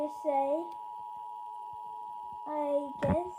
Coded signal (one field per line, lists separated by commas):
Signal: Emergency Alert System (SAME) tones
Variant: 853 and 960 Hz attention tone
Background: speech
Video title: Eas alarm part one